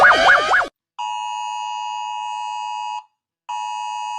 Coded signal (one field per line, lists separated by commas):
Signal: Emergency Alert System (SAME) tones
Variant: 853 and 960 Hz attention tone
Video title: Rating EAS Alarms